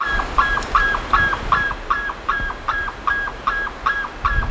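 Bird repeating short nasal, harmonic honks two to three times a second over a low rumbling background.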